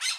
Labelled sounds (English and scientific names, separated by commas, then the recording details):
Brown-throated Parakeet (Eupsittula pertinax) contact call
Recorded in Bonaire
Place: just S of turnoff to Cai, near Lac Bay
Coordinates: 12.126, -68.239